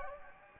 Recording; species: mosquito wingbeat signal from an infrared sensor; Anopheles gambiae